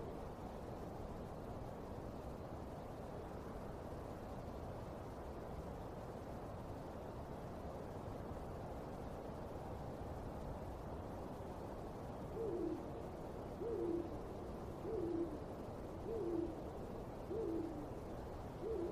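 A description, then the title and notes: A steady low rumble fills a late-night cemetery, and from about twelve seconds an owl hoots repeatedly in short, regular two-note calls. Haunted Cemetery Late at Night.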